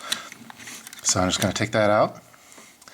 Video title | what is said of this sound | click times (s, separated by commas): Magnetically Modifying Your Altoids Tin | push it up and then it's going to be locked into place | 0.1 s